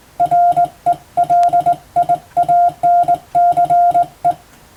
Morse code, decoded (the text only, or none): RELIANCE